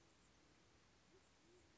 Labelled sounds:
Band-tailed Pigeon

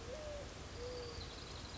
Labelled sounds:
Mourning Dove

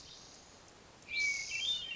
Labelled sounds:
Hermit Thrush

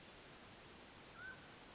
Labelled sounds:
Mountain Quail

